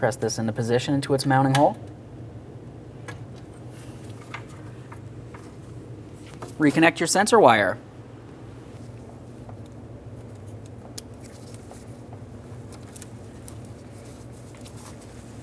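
Someone talks while the new rear ABS wheel speed sensor on a 2012–2018 Nissan Altima is pressed into its mounting hole and its wire's plastic electrical connector is handled for reconnection to the vehicle harness connector. Between the speech, small faint handling taps and knocks are heard. Nothing has seated or clicked yet.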